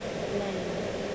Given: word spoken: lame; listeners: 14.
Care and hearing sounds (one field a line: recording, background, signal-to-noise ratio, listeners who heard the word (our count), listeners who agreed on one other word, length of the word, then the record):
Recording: one English word in noise, from a listening test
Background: speech-shaped noise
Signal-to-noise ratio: -4.4 dB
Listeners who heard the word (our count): 0 of 14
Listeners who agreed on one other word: 11 of 14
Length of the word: 0.75 s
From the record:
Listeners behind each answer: 11, 1, 1, 1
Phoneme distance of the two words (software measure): 34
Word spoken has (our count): 1 syllable, 3 phonemes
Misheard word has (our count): 1 syllable, 5 phonemes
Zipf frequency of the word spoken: 3.51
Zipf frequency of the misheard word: 3.91